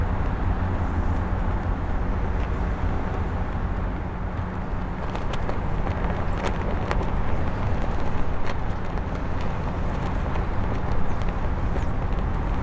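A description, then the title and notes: Wind pushes a flapping flag in the city, over a steady, dense roar with a heavy low rumble that never lets up. Sharp snaps and cracks cut through now and then, clustering around the middle and again near the end, with traffic-like noise underneath. Windy Flapping Flag in the City.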